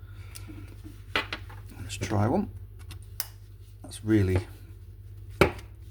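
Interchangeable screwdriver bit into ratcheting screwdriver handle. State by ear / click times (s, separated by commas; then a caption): seated / 5.4 s. A magnetic interchangeable screwdriver bit (PZ/PH/flat) is pushed into the metal collar of a ratcheting screwdriver handle while someone talks. A few small clicks and taps come first, then the bit locks with a sharp, positive click at 5.4 s and is seated.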